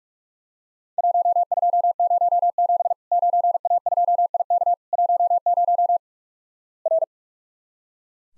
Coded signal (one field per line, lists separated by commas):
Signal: Morse code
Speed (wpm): 46 wpm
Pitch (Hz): 700 Hz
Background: none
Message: 1207 9A2IK 10 R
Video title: Worked All Europe DX Contest QTC Exchange with Repeats 45wpm